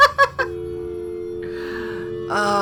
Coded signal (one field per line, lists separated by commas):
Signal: telephone call progress tone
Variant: North America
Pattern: dial tone